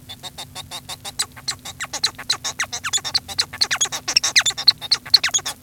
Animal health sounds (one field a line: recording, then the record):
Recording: song of a male Bengalese finch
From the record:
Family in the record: son of father 1